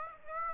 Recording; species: mosquito wingbeat signal from an infrared sensor; Aedes aegypti